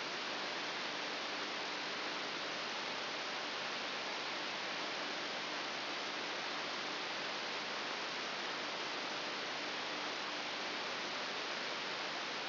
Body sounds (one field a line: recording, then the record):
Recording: brain microelectrode recording played as sound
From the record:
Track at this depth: outside the subthalamic nucleus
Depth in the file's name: 6.501 mm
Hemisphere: right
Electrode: 3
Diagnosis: Parkinson's disease